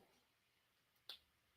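While beads are pushed down over the bare wire and the tail wire is smoothed on a beaded petal unit of a French beaded marigold, a single sharp snap sounds at 1.1 s against a quiet background. The snap shows the beading wire has snapped into place and is good.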